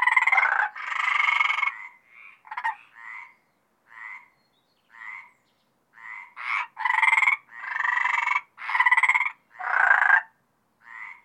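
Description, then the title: Mediterranean tree frog croaks, loud drawn-out rasping notes at first, then soft, spaced single croaks about every second, before louder croaks return. Several Mediterranean tree frogs recorded at Apt, Vaucluse, France, in June 2010. "Sylvain Jaskowiak - Animus. Rainettes méridionales - Apt, Vaucluse - juin 2010"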